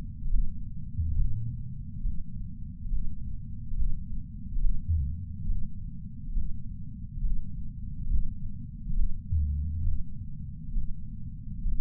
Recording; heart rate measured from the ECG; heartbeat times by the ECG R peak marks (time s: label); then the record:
heart sounds by patch sensor on the chest; 69 bpm
0.30 s: heartbeat
1.17 s: heartbeat
2.03 s: heartbeat
2.90 s: heartbeat
3.76 s: heartbeat
4.61 s: heartbeat
5.47 s: heartbeat
6.34 s: heartbeat
7.22 s: heartbeat
8.09 s: heartbeat
8.95 s: heartbeat
9.84 s: heartbeat
10.74 s: heartbeat
11.64 s: heartbeat
From the record:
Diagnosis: coronary artery disease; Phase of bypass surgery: preoperative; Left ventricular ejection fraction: 61.9%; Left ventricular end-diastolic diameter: 48 mm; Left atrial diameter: 36 mm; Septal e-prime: 9.5 cm/s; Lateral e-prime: 18.5 cm/s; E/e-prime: 6.6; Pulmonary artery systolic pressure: 30 mmHg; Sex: male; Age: 59 years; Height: 175 cm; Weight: 76 kg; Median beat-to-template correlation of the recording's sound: 0.85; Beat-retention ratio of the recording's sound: 0.99